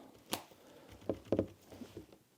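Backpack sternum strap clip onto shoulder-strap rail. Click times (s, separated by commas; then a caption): 0.3 s. A removable sternum strap's plastic clip is pushed onto the rail on the shoulder strap of a Wandrd PRVKE 31L backpack until it locks in place. A sharp snap at 0.3 s marks it seating, followed by a few more short clicks around 1.1, 1.3 and 1.4 s and quieter rustling.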